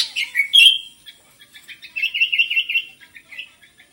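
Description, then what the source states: Sooty-headed bulbul giving a brief whistled phrase followed by a quick rippling series of warbled notes, then softer chirps. Bird described as gacor, singing vigorously and continuously.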